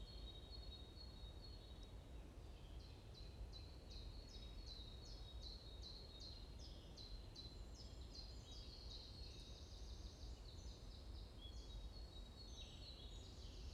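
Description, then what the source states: Birds chirping: faint high notes build into a fast series of repeated short chirps, then several birds twittering together above continuous low background noise. Morning birds chirping in a forest at Bosvoorde, Watermaal-Bosvoorde, Brussels, Belgium; described as peaceful ('rust'); recorded with an AMBE VR microphone.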